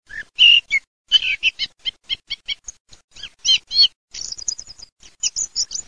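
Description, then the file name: Thrush singing rapid phrases of varied high, clear and scratchy notes, many short bursts packed closely, with a fast twittering series late on; background otherwise quiet. "TORDOS"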